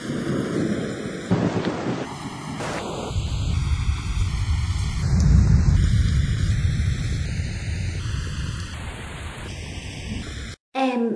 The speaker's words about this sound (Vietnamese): Lâm Tư Hàn nhìn mưa gió gào thét ngoài cửa sổ nói. Lúc này lái xe quá nguy hiểm, anh không cần lại đây, chờ cơn bão này qua đã.